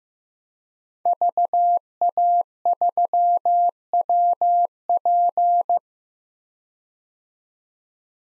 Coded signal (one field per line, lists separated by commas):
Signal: Morse code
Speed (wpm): 15 wpm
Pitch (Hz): 700 Hz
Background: none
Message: VA3WP